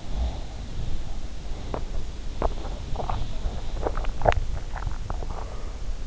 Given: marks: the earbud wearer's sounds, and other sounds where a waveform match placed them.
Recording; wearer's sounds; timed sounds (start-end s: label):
sounds in sleep by an in-ear microphone; snoring breath, swallowing
0.04-1.47 s: snoring breath
1.68-6.07 s: swallowing